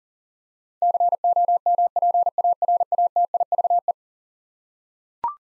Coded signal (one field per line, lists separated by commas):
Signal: Morse code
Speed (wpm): 40 wpm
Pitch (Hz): 700 Hz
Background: none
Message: COMPARATIVE